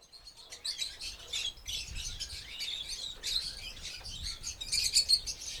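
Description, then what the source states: Birds singing together: a dense chorus of high, overlapping chirps and twitters with no single dominant voice, plus a faint low rumble. Ambience of many birds.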